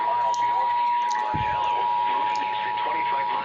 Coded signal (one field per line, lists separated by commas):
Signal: Emergency Alert System (SAME) tones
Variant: 853 and 960 Hz attention tone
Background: speech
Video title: EAS #176-177 Severe Thunderstorm Warning On KEC78 And KUED (8-22-22)